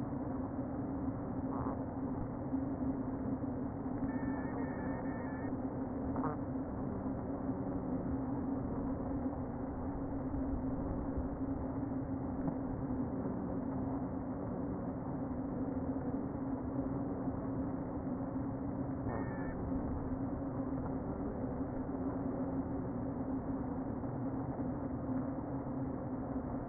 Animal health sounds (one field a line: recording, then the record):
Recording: honeybee colony, microphone inside the hive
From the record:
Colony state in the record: queen present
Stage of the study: before two queens were removed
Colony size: about 60,000 bees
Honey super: yes